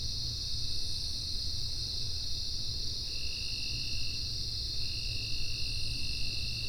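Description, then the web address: Insect trilling in a steady, unbroken high buzz, with a second thinner tone starting partway through, over a constant low rumble. "Soundfx IV. General Insects"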